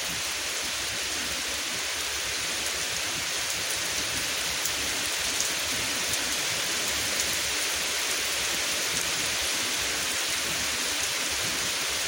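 Rain falls in a steady, dense hiss that stays even for the whole stretch, bright and full, with faint scattered taps throughout.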